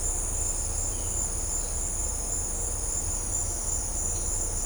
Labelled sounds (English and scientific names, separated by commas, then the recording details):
none
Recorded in dense forest near Puerto Asís, Putumayo, Colombia, on 18 December 2024 at 17:30
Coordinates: 0.503, -76.323
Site G043